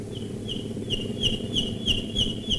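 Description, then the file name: Common nightingale song: a run of several identical, slurred, whistled notes repeated evenly about every third of a second, over low background rumble. Nightingales singing while bombers fly overhead, recorded in 1942. "nightingales and bombers 1942"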